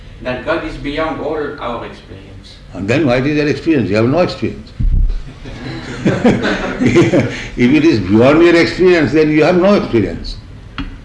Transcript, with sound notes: That God is beyond all our experience.
Then what is your experience? You have no experience. [laughs] If it is beyond your experience, then you have no experience.